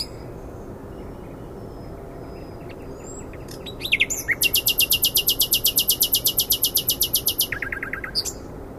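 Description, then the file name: Common nightingale song: after silence, a few quick notes lead into a long, fast, even rattling series lasting over three seconds, ending in lower clipped notes. "Luscinia megarhynchos"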